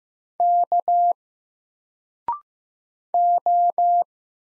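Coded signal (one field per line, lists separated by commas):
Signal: Morse code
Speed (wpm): 15 wpm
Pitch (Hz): 700 Hz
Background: none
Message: K O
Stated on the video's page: Single letters sent at 15 wpm for instant character recognition practice, each letter sent in Morse, then spoken, then sent again.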